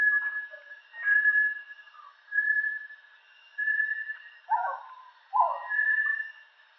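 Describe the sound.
Bartlett's tinamou whistling drawn-out pure notes in a loose series, with a couple of lower, rougher calls near the end.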